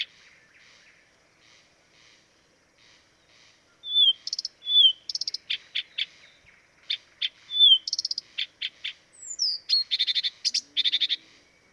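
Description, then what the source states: Blyth's reed warbler song: soft ticking notes build into loud rapid clicking trills, downslurred whistles and a few buzzy bursts toward the end. Dviete.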